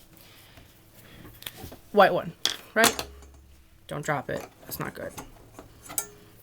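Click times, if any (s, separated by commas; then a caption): 6.0 s. A white gel pen is pushed into a plastic retractable marker casing and snaps into place with a click at 5.98 s. Before that, someone talks, and faint handling taps are heard around 1.4 s. The pen ends up seated in the casing.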